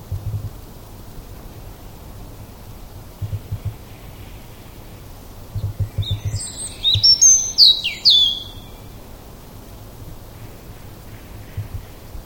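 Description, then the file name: European robin: a brief burst of high, thin, sharp notes in the middle, with low rumbling background noise throughout. "Erithacus rubecula"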